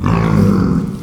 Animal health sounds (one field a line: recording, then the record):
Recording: squeal of a Yucatan mini pig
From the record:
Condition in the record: after surgery on the right vocal fold (resection and tissue-engineered implant)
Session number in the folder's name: 16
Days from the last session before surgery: 183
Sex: female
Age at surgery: 19 weeks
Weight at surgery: 25 kg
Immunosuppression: prednisolone